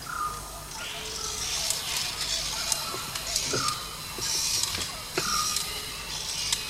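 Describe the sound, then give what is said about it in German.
A mechanical door grinds open with whirring, creaking motor noise as a strange box-like object comes out, punctuated by sharp clicks and clacks over a steady hiss, the whine rising and falling in several short pushes. “Die Tür geht auf und da kommt so ein komischer Kasten raus.”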